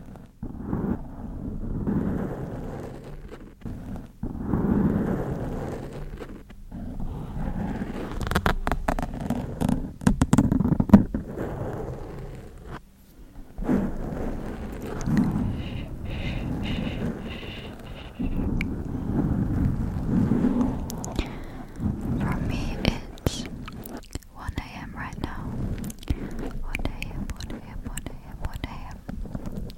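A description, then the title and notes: A microphone is scratched and rubbed, a continuous low, rumbling scrape that swells and fades in uneven strokes for the whole stretch. Sharp crackling clicks cut through, clustered around the tenth second and again near the end, with a faint brief whine midway. Mic Scratching.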